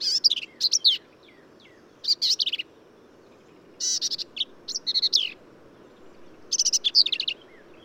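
Black-capped vireo song: varied phrases of squeaky, slurred and buzzy notes, quick and high-pitched, repeated after short pauses against steady low hiss.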